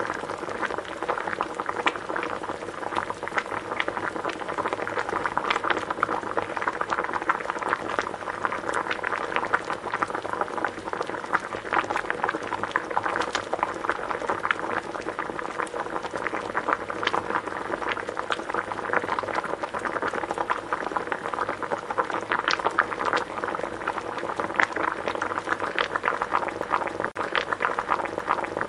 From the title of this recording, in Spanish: Sonido de agua hirviendo